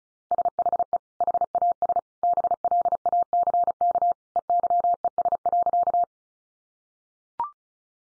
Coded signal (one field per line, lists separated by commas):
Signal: Morse code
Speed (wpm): 34 wpm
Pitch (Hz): 700 Hz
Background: none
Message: SHE HAS BLACK EYES.